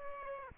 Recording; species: mosquito wingbeat signal from an infrared sensor; Aedes aegypti